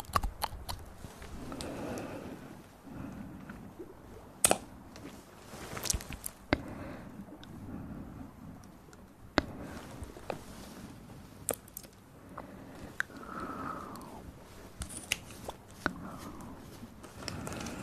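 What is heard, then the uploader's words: Ear massage and mouth sounds: soft rubbing swells with scattered sharp clicks and snaps, the loudest near 4.5, 9.5 and 11.5 seconds. Intense Ear Massage & Mouth Sounds.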